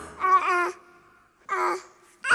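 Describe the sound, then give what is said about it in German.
A voice imitates a baby's babbling in three short, warbling bursts with a wavering, mid-high pitch, separated by brief quiet pauses. “Und jedes Mal, wenn ich dem Kind die Binde bin, dann macht es.”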